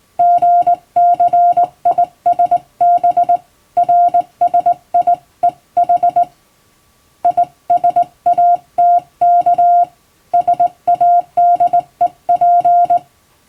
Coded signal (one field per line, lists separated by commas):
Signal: Morse code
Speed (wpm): 20 wpm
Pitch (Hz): 700 Hz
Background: music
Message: GCISB RSIEH ISATK SADEP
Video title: 退職後の趣味に最高！手打ちで綺麗に打てるとカッコイイかも！昔やってたアマチュア無線を再開しよう！脳トレにもなります！欧文モールスを電報形式で打ってみました！(morse code practice)